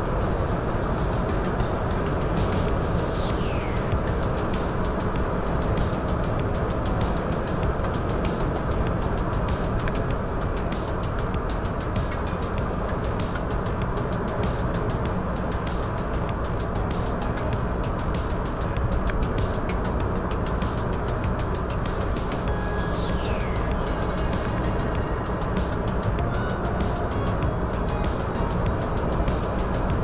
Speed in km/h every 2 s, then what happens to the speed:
119, 119, 119, 119, 119, 113, 109, 106, 106, 106, 107, 108, 108, 109, 110.
0-8 steady at about 119. 8-14 slows to 106. 14-30 steady at about 107.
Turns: none.